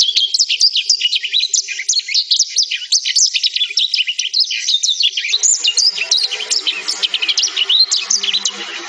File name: suara burung blackthroat